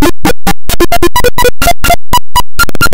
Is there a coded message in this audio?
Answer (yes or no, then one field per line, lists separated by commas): no